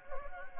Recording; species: mosquito wingbeat signal from an infrared sensor; Anopheles gambiae